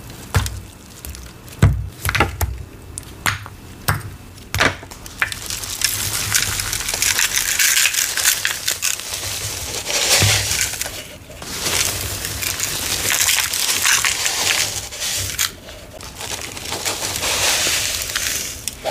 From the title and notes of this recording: ASMR Pouring and Tapping Sounds. ASMR pouring water sounds, gritty sounds, patting crunchy cornstarch and oddly satisfying asmr sounds.